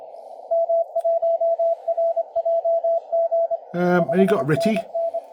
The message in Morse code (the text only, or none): M1RJG 5NN